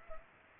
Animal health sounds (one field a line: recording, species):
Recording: mosquito wingbeat signal from an infrared sensor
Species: Culex pipiens